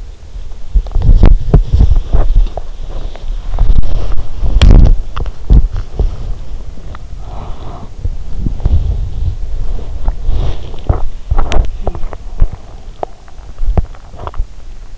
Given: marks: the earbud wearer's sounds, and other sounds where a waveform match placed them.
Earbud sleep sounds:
sounds in sleep by an in-ear microphone; body movement, breath, teeth grinding
0.00-7.03 s: body movement
7.15-7.95 s: breath
8.01-11.64 s: body movement
10.47-14.98 s: teeth grinding
13.65-14.59 s: body movement

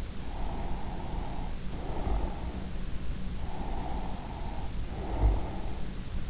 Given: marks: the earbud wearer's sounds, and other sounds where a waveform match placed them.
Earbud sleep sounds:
sounds in sleep by an in-ear microphone; breath
0.32-2.92 s: breath
3.42-5.88 s: breath

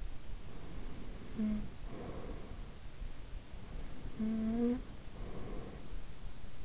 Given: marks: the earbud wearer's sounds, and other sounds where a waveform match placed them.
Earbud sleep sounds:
sounds in sleep by an in-ear microphone; snoring breath
0.80-2.98 s: snoring breath
3.97-6.11 s: snoring breath

